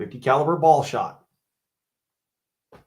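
A .50 caliber lead musket ball is handled for pressing into an airgun's magazine while someone talks for about the first second, followed by near silence and a faint brief sound around 2.7 s. The clip ends before the ball goes home, and nothing has seated or clicked yet.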